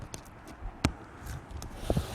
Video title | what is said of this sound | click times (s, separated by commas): Bestop Accessories - Trektop NX On A TJ Wrangler Installation | It's a little easier if you just snap the outboard in and then slide it across. | 0.8 s